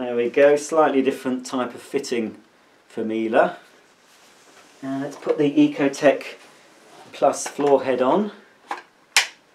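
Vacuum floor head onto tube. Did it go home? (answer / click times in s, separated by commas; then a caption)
yes / 9.2 s. Someone talks while fitting the EcoTeQ Plus floor head onto the tube (wand) of a Miele Blizzard CX1 Comfort Powerline bagless vacuum cleaner. After a brief quiet tap, a loud, sharp snap at 9.2 s marks the floor head clicking into place, and it is seated.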